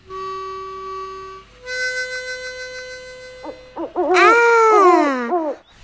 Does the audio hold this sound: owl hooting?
yes